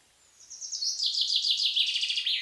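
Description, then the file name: Common chaffinch singing a cascade of rapid, slightly dropping notes that closes with a lower terminal flourish; no other sounds stand out. "pinsondesarbres"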